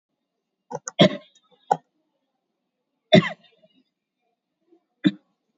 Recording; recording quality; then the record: shallow voluntary cough; moderate, slight background noise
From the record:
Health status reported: COVID-19 positive, moderate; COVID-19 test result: positive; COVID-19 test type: RT-PCR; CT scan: taken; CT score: 15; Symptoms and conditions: cough, cold, fever, muscle pain, loss of smell and taste, diarrhoea, another condition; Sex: male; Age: 55 years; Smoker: no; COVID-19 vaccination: none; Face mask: worn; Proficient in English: yes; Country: India